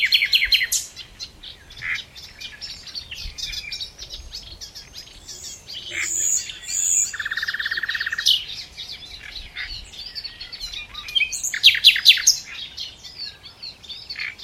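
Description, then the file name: Common nightingale song, dense run of sharp chirps and buzzy phrases, a low rattling trill near seven seconds, then a loud burst of notes toward the end. "Luscinia megarhynchos"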